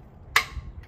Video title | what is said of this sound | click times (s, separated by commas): How To Install An Aluminium Slat Gate - Outback Fencing | click the slot and simply go the other way click and it's unlocked | 0.4 s